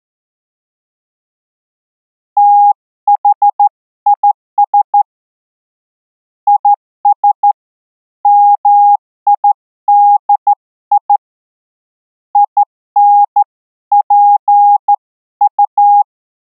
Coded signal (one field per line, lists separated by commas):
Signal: Morse code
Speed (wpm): 13 wpm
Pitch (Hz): 820 Hz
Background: none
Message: THIS IS MIDI INPU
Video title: The INGEN software CW KEYER - specifically designed for QRQ CW at 150 WPM and below - LIVE DEMO